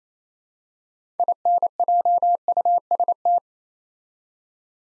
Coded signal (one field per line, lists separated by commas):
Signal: Morse code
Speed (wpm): 28 wpm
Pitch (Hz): 700 Hz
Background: none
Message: INJUST